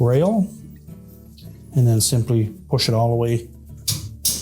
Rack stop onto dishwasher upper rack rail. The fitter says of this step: on until it snaps in place